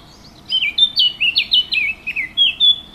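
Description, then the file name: Warbler song: a quick, melodious phrase of slurred warbling notes, some dropping downward, ending on a steady higher note. Recorded 15 June 2014 with an MZ-N710 recorder. "MZ-N 710 Fauvette 15 06 14"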